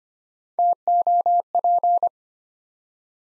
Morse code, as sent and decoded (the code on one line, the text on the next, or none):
- --- .--.
TOP